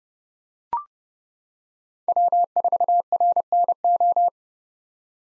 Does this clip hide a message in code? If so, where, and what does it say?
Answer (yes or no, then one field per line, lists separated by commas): yes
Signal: Morse code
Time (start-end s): 2.1-4.3 s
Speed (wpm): 30 wpm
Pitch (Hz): 700 Hz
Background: none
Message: W4RNO